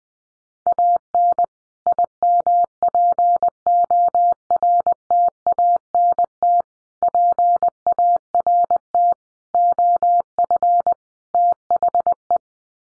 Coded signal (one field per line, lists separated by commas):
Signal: Morse code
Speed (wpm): 20 wpm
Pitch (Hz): 700 Hz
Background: none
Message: AN IMPORTANT PART OF THE